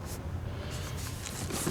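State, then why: Seated. A 2023 Lexus GX460 folding third-row seat's headrest is pulled up until it locks into its raised position in the seat back. Against a low, steady rumble, a single short, quiet click is heard at 1.3 seconds as the headrest locks into place.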